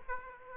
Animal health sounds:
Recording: mosquito wingbeat signal from an infrared sensor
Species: Aedes aegypti

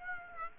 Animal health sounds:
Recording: mosquito wingbeat signal from an infrared sensor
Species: Aedes aegypti

